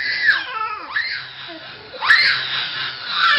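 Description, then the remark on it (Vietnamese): High, piercing wails and screams from inside a cave, heard from outside it, rise and fall in pitch, with a shrill burst early on and another surge about two seconds in. They sound anguished and sustained, with no talking. “Tuy nước đổ ầm ầm, nhưng ở bên ngoài này cũng đã nghe thấy tiếng gào khóc rụng rời từ phía bên trong hang động rồi.”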